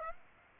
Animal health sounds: mosquito wingbeat signal from an infrared sensor; Aedes aegypti

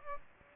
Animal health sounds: mosquito wingbeat signal from an infrared sensor; Aedes aegypti

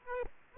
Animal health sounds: mosquito wingbeat signal from an infrared sensor; Aedes aegypti

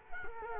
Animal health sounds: mosquito wingbeat signal from an infrared sensor; Culex quinquefasciatus

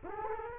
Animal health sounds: mosquito wingbeat signal from an infrared sensor; Culex quinquefasciatus

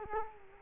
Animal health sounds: mosquito wingbeat signal from an infrared sensor; Culex quinquefasciatus

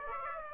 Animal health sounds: mosquito wingbeat signal from an infrared sensor; Aedes aegypti

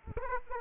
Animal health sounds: mosquito wingbeat signal from an infrared sensor; Aedes aegypti

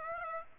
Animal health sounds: mosquito wingbeat signal from an infrared sensor; Aedes aegypti

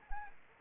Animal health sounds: mosquito wingbeat signal from an infrared sensor; Anopheles arabiensis

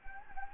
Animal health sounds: mosquito wingbeat signal from an infrared sensor; Anopheles gambiae

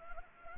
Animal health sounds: mosquito wingbeat signal from an infrared sensor; Anopheles arabiensis

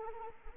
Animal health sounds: mosquito wingbeat signal from an infrared sensor; Anopheles arabiensis

